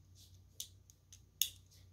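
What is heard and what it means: A spinning top layer is twisted onto its base disc, and its ratchet teeth lock with two sharp clicks at 0.6 and 1.4 seconds, the second one louder. Fainter ticks follow at about 0.9 and 2.0 seconds over a low steady hum. The layer ends up seated.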